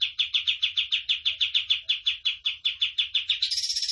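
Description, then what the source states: Tembakan bird song: a steady string of rapid clipped chirps, then a sudden shift into a faster, higher, buzzier trill. Vigorous song of a cage bird, used as a tutor recording for training cage birds.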